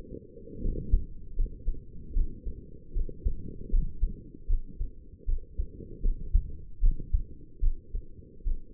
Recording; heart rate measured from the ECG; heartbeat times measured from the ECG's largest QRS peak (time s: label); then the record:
heart sounds by stethoscope; 77 bpm
0.61 s: heartbeat
1.35 s: heartbeat
2.13 s: heartbeat
2.93 s: heartbeat
3.70 s: heartbeat
4.47 s: heartbeat
5.25 s: heartbeat
6.02 s: heartbeat
6.80 s: heartbeat
7.60 s: heartbeat
8.44 s: heartbeat
From the record:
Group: healthy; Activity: rest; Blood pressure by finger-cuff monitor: 107/68 mmHg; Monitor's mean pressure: 78 mmHg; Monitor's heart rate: 77 bpm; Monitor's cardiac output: 5.9 L/min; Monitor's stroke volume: 76 mL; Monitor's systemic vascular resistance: 980 dyn s/cm5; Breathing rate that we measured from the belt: 23 breaths a minute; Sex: female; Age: 22 years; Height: 160 cm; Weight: 45 kg